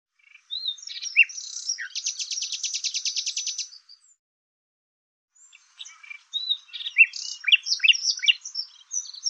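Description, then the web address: Bird song opening with chirps into a long, even, buzzy trill, then after a pause a lively jumble of squeaky varied notes. "Deverinetal 2025"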